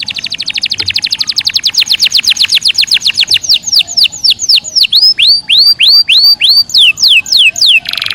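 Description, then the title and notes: Canary song: a rapid trill that gradually slows into distinct sweeping downslurred whistles, spaced further apart, ending in a brief buzzy burst. Panda canary, singing vigorously ('gacor'). "KENARI GACOR DOR BIKIN EMOSI. Kenari Panda"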